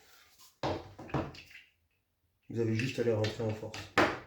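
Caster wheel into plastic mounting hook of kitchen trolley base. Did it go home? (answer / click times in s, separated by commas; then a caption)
yes / 4.0 s. A caster wheel is forced into the plastic mounting hook on the base of a kitchen trolley on wheels while someone talks. A sharp snap at 4.0 s marks the wheel seating in the hook.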